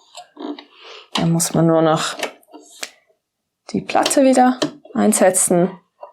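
A sewing machine's needle plate (cover plate) is handled to be put back into the machine bed after the bobbin thread is brought up, while someone talks. Brief faint ticks come at about 0.6, 2.4, 2.8 and 6.0 seconds. The plate has not clicked into place yet.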